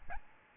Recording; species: mosquito wingbeat signal from an infrared sensor; Aedes albopictus